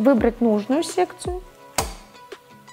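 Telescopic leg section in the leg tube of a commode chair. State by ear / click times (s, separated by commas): seated / 1.8 s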